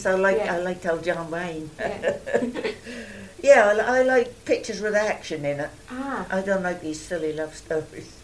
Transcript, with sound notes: I like, I like old John Wayne.
Yeah.
[laughs] Yeah. I like pictures with action in it. I don't like these silly love stories.